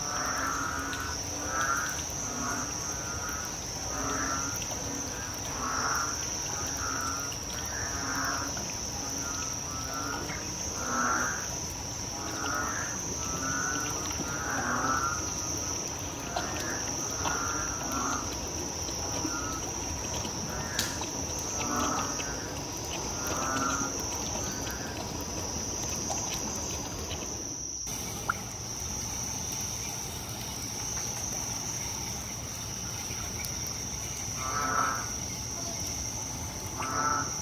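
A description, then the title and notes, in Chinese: A bullfrog chorus calls in the rain, with deep, croaking notes repeating roughly every second or two through the first half. After a brief break near the 28-second mark the calls thin out to a few. A steady, shrill insect buzz runs underneath throughout. 傾聽叢林之聲 ‧ 賞雨的蛙。每到春夏雨季。大悲殿外就會進駐一批牛蛙合唱團。搭配在地音樂家蟋蟀。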